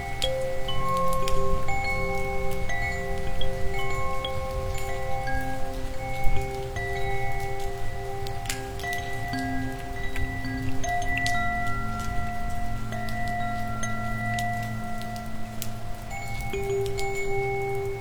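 Wind chimes ring on a cold, rainy night, their clear tones overlapping and sustaining as new strikes arrive every second or two. Beneath them runs a steady patter of rain and a low rumble, with occasional sharp ticks of drops.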